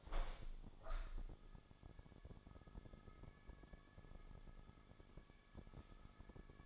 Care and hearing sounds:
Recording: daily activity, microphone in the room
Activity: open window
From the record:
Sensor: 5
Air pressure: 1000.5 hPa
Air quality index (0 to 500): 154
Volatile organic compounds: 2 ppm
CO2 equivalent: 1180 ppm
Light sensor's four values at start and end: 39/92/38/41 and 39/92/38/41

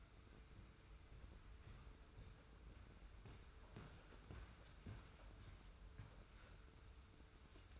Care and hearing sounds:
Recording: daily activity, microphone in the room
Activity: walk to room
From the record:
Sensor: 2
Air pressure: 991.0 hPa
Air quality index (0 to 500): 112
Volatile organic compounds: 54 ppm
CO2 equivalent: 3345 ppm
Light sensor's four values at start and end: 34/101/40/38 and 34/100/39/37

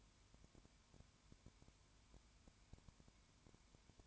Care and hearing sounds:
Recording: daily activity, microphone in the room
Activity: no activity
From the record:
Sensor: 2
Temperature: 20.0 degrees Celsius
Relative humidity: 32.0%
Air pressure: 1001.2 hPa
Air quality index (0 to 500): 55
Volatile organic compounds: 1 ppm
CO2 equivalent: 604 ppm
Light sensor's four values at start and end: 2/3/2/2 and 2/3/2/2

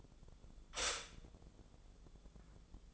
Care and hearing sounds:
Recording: daily activity, microphone in the room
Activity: stop toaster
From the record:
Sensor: 5

